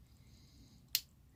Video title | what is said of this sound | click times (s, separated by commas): M1 Carbine Spring Replacement | until it clicks into place | 0.9 s